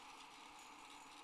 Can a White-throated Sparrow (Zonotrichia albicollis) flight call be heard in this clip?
no